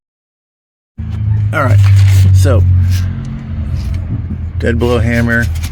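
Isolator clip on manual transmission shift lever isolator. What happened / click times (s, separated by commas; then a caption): Handled, not yet home: the clip is being worked toward place but has not seated / none. An isolator clip on the manual transmission shift lever isolator of a 1992 Jeep YJ 2.5 5-speed is being handled for tapping into place with a dead blow hammer. After a second of silence, a steady low hum plays while someone talks, with one brief sharp sound near 3.9 s. Nothing has seated or clicked yet.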